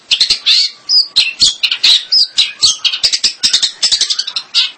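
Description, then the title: Long-tailed shrike song: loud, fast, scratchy phrases packed with squeaks and short whistles, delivered in quick repeated bursts. "Kicau Burung Pentet"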